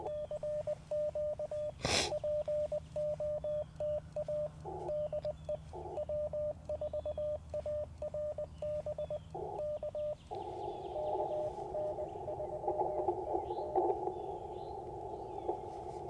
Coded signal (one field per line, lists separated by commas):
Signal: Morse code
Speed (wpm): 20 wpm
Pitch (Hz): 600 Hz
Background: radio noise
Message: CQ POTA DE W4ARB K KN3ET